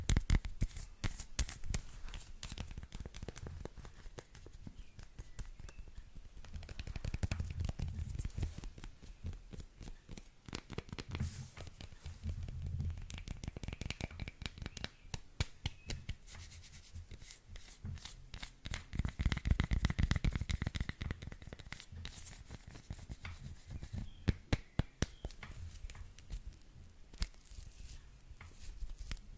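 Quick tapping and scratching on textured chocolate, a dense run of sharp clicks and crisp rasps that continues almost without pause. Soft low thumps swell around eight and twenty seconds, and a faint crinkly hiss stays underneath throughout.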